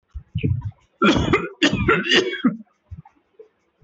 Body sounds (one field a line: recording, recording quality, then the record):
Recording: heavy voluntary cough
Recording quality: moderate, slight background noise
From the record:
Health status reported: healthy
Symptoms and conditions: none ticked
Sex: male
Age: 59 years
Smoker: not ticked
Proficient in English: yes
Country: India